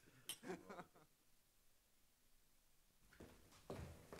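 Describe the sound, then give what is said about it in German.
Glasses clink together in a brief toast, a few bright, ringing chimes in quick succession, followed by a quiet pause and then soft low-pitched shuffling sounds. “Also dann, auf Barts ersten Klienten. Prost!”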